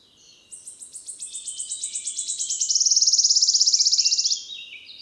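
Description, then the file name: Wood warbler song: rapid high ticks quickening into a bright, trembling trill that ends abruptly, with faint softer notes afterward. 10 May 2008, 11:17. "20080510 1117 Phylloscopus sibilatrix"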